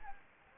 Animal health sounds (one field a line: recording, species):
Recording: mosquito wingbeat signal from an infrared sensor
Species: Anopheles gambiae